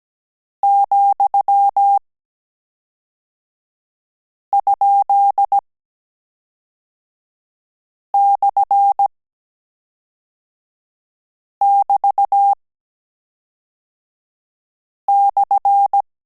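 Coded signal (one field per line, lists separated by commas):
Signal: Morse code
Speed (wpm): 17 wpm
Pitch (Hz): 800 Hz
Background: none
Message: ,?/<BT>/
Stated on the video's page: Morse code course final lesson on AR and AS characters, with mixed-character transmissions.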